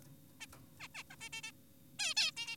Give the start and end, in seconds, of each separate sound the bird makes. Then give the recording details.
0.40-0.46, 0.80-0.88, 0.95-1.03, 1.10-1.16, 1.21-1.29, 1.33-1.41, 1.44-1.52, 1.99-2.14, 2.17-2.32, 2.37-2.56. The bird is an adult. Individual g4p5U